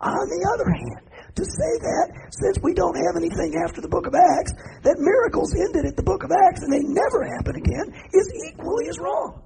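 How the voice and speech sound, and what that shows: An adult man preaches fluently about miracles, but his voice is rough, strained and airy, with little clear tone, a raspy near-whisper. This is severe dysphonia from damage to the myelin sheath of the vocal cords. It began suddenly mid-sermon three years earlier, and voice therapy did not help.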